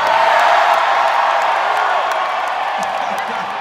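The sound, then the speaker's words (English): A punk rock concert crowd cheers in a loud, continuous roar of mingled voices and whoops, holding steady for a few seconds before easing slightly toward the end. “This crowd, by far, is the best crowd we've played to in at least 30 fucking years.”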